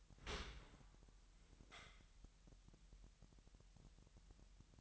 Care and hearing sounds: daily activity, microphone in the room; open dishwasher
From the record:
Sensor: 3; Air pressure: 998.3 hPa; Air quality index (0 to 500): 148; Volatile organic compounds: 5 ppm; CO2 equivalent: 1777 ppm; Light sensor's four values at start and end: 14/41/16/15 and 14/41/16/15

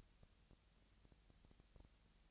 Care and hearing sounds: daily activity, microphone in the room; no activity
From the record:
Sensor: 3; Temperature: 20.6 degrees Celsius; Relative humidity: 35.7%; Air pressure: 998.7 hPa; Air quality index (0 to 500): 236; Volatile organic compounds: 72 ppm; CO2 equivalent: 3534 ppm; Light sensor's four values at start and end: 2/3/2/2 and 2/3/2/2

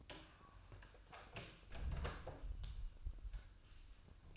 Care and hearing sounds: daily activity, microphone in the room; close door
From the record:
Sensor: 2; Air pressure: 1004.8 hPa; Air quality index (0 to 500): 74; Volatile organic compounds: 1 ppm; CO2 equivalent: 874 ppm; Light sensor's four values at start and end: 7/17/7/7 and 7/17/7/7

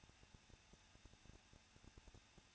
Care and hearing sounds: daily activity, microphone in the room; no activity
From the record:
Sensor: 2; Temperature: 21.0 degrees Celsius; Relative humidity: 37.6%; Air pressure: 1006.3 hPa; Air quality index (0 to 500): 224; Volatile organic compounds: 25 ppm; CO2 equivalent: 2844 ppm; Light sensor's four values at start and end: 2/3/2/2 and 2/3/2/2

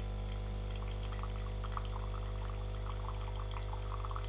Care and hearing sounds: daily activity, microphone in the room; make coffee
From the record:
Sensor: 4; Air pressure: 995.9 hPa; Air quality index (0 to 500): 61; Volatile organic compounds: 2 ppm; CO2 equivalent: 1083 ppm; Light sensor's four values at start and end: 9/21/8/8 and 9/21/8/8

